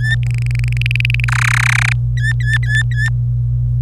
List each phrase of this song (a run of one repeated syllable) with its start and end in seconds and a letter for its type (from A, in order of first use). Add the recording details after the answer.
0.01-0.15 A, 0.23-1.25 B, 1.28-1.93 C, 2.17-3.09 A. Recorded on 26 April 2018 at 09:35. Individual llb3